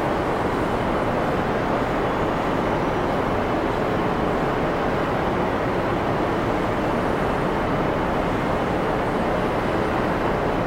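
Ambient sound inside a space shuttle: a steady, dense rumble that holds at an even level from start to finish. The sound is weighted low and muffled, with a soft hiss above it and no distinct events, like engines or machinery droning continuously.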